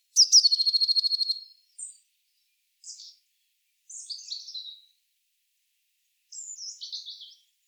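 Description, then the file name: Eurasian blue tit calls: a quick buzzy churring rattle, then scattered high squeaky notes and short scratchy twittering phrases. "Cyanistes caeruleus"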